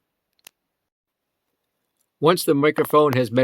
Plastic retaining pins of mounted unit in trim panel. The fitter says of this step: and then snap the yellow pins in place.